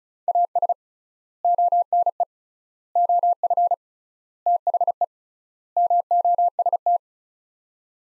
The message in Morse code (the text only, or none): AS ONE OF THE MOST